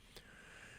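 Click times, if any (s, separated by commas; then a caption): 0.2 s. A snap-in glass crystal that had popped off a Waltham pocket watch while its case was being cleaned is pressed back into the bezel. A single short, bright snap is heard at 0.2 s above a steady low hiss. The crystal seats in the bezel.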